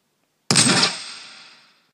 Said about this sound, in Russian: Он услышал лающий звук выстрела и почувствовал отдачу от улетающей пули.